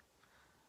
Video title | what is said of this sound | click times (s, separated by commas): Sub Box Deals!! Boxycharm & Ipsy Deals and Add-ons!! Are They Worth It?! | that's this one it does sound very it's satisfying to hear it click | 0.2 s